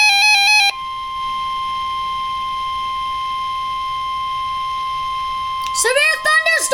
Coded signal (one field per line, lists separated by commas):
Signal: Emergency Alert System (SAME) tones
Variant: 1050 Hz attention tone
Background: speech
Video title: EAS #3 Severe Thunderstorm Warning 9/11/13